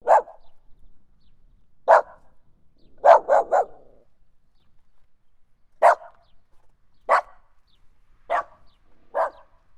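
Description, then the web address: Dog: puppy barking in short, high yappy barks, about nine in ten seconds, single barks spaced by pauses with a quick triple burst near the third second. "aewuh dog-dataset"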